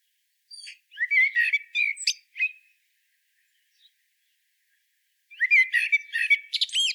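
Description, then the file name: Common blackbird song: a warbling phrase of mellow notes and clicks, a pause of a few seconds, then a second phrase with squeaky flourishes. "Turdus merula"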